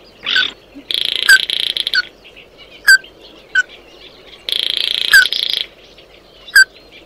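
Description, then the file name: Bird calls: isolated sharp notes every second or so, with two long buzzy, rattling bursts and a short one at the start. "Tieng chim mat do"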